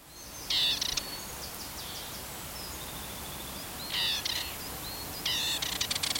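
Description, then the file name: Dartford warbler giving short scratchy phrases, three brief bursts of harsh and slightly whistled notes, the first well apart and the last two close together, with quiet gaps between. "Magnanina"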